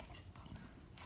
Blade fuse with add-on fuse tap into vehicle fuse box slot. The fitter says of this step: snaps back in there, just like so.